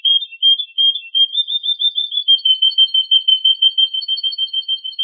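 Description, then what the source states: Yorkshire canary song: a fast, steady run of high, bright whistled notes, repeated about three times per second, flowing into a level rolling trill. A combination of Yorkshire and Russian canary song styles.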